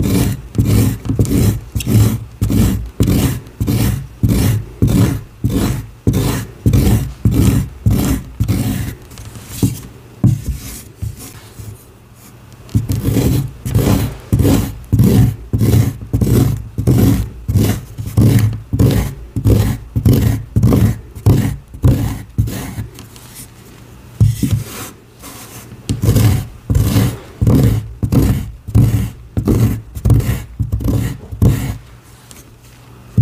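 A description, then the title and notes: Gym chalk being carved in quick, regular strokes, each a short dry scrape, about three per second. The scraping runs steadily with brief slower patches near 10–12 and 25 seconds, then picks back up. Relaxing Carving + Crushing Gym Chalk w/ Gholibn ASMR Glitter Bomb. Relaxing carving gym chalk bomb filled with baby oil and Gholibn ASMR glitter.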